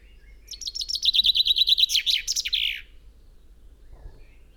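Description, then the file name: Common chaffinch delivering a single lively phrase, a quick tumbling trill descending steadily and ending with a sharp flourish, followed by near quiet. "Fringilla coelebs"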